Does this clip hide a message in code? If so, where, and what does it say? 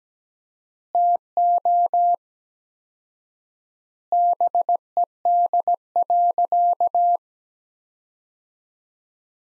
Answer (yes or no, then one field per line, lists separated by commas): yes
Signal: Morse code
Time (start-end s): 0.9-7.2 s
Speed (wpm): 17 wpm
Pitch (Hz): 700 Hz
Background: none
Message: TO BED.